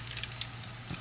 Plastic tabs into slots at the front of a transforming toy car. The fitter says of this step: have them back together and they should snap into place up there all